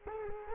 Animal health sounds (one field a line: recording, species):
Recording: mosquito wingbeat signal from an infrared sensor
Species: Culex quinquefasciatus